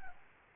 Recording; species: mosquito wingbeat signal from an infrared sensor; Aedes albopictus